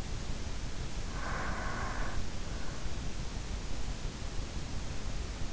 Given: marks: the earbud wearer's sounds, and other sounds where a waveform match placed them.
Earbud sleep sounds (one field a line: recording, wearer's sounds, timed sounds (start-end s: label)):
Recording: sounds in sleep by an in-ear microphone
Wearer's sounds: breath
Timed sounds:
0.55-2.77 s: breath